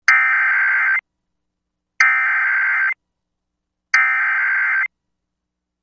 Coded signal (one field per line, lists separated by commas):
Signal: Emergency Alert System (SAME) tones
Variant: header bursts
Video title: Tornado Warning (Wayne County, TN) (4/5/25) [EAS #126]